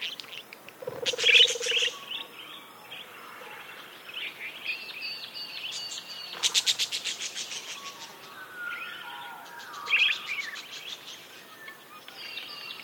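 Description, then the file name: Budgerigars chattering, warbled squeaks mixed with rapid buzzy pulsed bursts and a low steady tone briefly near the start. Several budgerigars, described as happy. "Happy Budgies"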